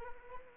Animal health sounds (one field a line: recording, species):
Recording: mosquito wingbeat signal from an infrared sensor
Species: Anopheles arabiensis